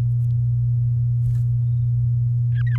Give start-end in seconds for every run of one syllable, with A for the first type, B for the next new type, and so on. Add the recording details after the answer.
2.53-2.77 A. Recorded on 8 May 2018 at 14:29. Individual llb16